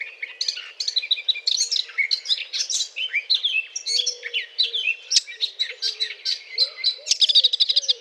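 Eurasian blackcap courtship song, a dense unbroken warble of scratchy and fluty notes, with a few soft low swooping notes in the background.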